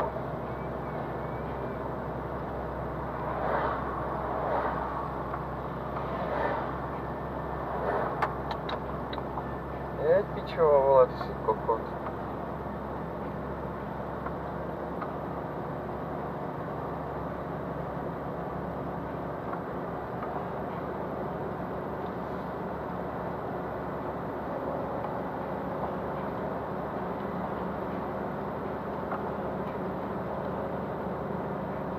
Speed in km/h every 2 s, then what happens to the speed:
34, 34, 35, 34, 33, 34, 36, 37, 37, 38, 39, 39, 39, 39, 40, 40.
0-32 steady at about 37.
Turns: none.